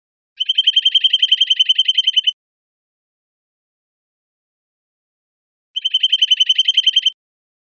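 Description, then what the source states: Bird trill: a fast, even series of high, clipped notes lasting about two seconds, repeated as a shorter trill after a pause of roughly three seconds, with no other sounds. Costa Rica.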